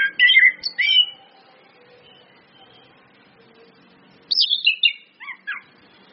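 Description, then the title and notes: Orange-headed thrush song: bright twisting whistles at the start, a long hush, then a descending series of clear whistled notes. Indonesian bird-training lure with continuous song (ngeplong) and female calls (suitan betina), meant to make birds sing steadily (gacor). "PANCINGAN anis kembang ngeplong dan SUITAN BETINA. Masteran Anis Kembang"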